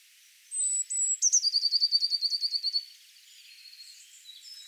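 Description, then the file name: Eurasian blue tit gives two high, thin whistled notes, then a quick rattling trill of repeated notes. "Cyanistes caeruleus"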